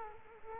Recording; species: mosquito wingbeat signal from an infrared sensor; Culex quinquefasciatus